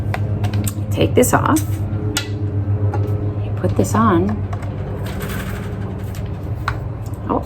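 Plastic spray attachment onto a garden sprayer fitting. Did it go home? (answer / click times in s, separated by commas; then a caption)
yes / 6.7 s. A plastic spray attachment is fitted onto the fitting of a garden sprayer while someone talks, with a steady hum and scattered handling taps in the background. A sharp snap at 6.7 seconds marks the attachment snapping in and seating, fitting perfectly.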